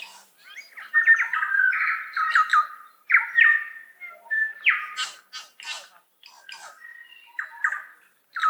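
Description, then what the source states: New Zealand Bellbird singing a busy mix of bell-like whistles, sliding notes and scratchy clicks in uneven bursts. Recorded in 2012 on Ulva Island, a predator-free island beside Stewart Island, New Zealand, in native forest; song described as a wacky electronic cacophony.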